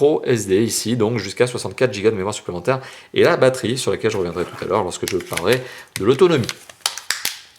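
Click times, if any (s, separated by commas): 6.9 s, 7.0 s, 7.1 s, 7.2 s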